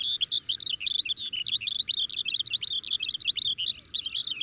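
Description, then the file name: Oriental skylark in continuous song: hurried, high-pitched twittering notes tumbling one after another with scratchy chirps and short whistles. "alauda gulgula"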